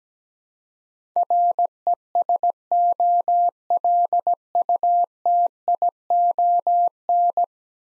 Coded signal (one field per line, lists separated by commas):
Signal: Morse code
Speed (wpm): 17 wpm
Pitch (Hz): 700 Hz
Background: none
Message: RESOLUTION